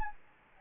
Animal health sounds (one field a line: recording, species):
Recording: mosquito wingbeat signal from an infrared sensor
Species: Anopheles gambiae